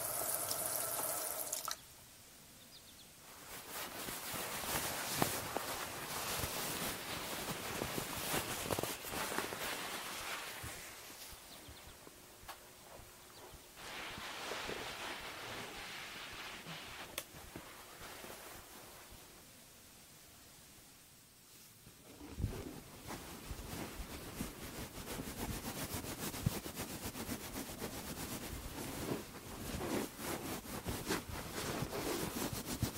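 Hair washing and brushing sounds come in changing waves, with dense crackling and rubbing strokes across the top and sudden bursts at the start and after about 22 seconds. Quieter stretches fall around 3–4, 10–13 and 19–22 seconds, with a soft low hum beneath.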